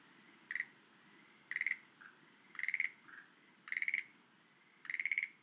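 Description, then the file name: Schlegel's green tree frog calling in five short pulsed rattles about a second apart, with a few faint, softer notes between some of them. "rodolphe alexis - rhacophorus schlegelii"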